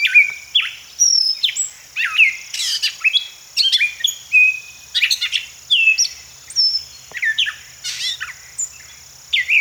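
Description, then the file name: Gray catbird pouring out disjointed squeaky and chipping phrases in rapid succession, accompanied by a continuous thin high whine. "Gray Catbird - Dumetella carolinensis"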